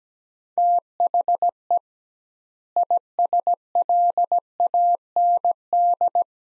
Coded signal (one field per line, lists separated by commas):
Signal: Morse code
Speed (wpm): 17 wpm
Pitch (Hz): 700 Hz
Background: none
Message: THE ISLAND